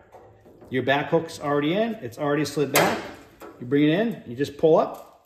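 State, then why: Not seated. A Snap-on toolbox drawer is being fitted onto its roller bearing slides, with the back slide hook already slid back into the holes of the metal slide rail and the drawer being brought in and pulled up at the front. Someone talks throughout, with faint handling sounds. Nothing has snapped into place yet.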